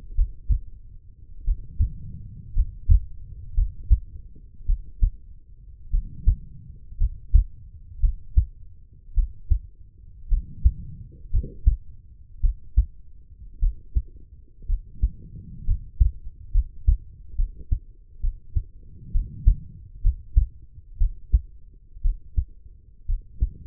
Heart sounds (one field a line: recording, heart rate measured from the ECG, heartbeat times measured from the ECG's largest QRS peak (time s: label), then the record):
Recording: heart sounds by stethoscope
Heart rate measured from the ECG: 58 bpm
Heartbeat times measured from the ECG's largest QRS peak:
0.15 s: heartbeat
1.45 s: heartbeat
2.54 s: heartbeat
3.54 s: heartbeat
4.66 s: heartbeat
5.90 s: heartbeat
6.98 s: heartbeat
8.00 s: heartbeat
9.14 s: heartbeat
10.28 s: heartbeat
11.30 s: heartbeat
12.40 s: heartbeat
13.59 s: heartbeat
14.66 s: heartbeat
15.65 s: heartbeat
16.52 s: heartbeat
17.36 s: heartbeat
18.20 s: heartbeat
19.12 s: heartbeat
20.02 s: heartbeat
20.98 s: heartbeat
22.01 s: heartbeat
23.06 s: heartbeat
From the record:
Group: healthy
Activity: rest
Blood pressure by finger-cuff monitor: 111/73 mmHg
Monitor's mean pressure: 84 mmHg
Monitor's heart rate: 56 bpm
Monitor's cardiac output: 4.5 L/min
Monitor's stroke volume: 81 mL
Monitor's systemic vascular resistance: 1360 dyn s/cm5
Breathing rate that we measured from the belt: 14 breaths a minute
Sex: female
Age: 23 years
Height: 160 cm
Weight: 50.4 kg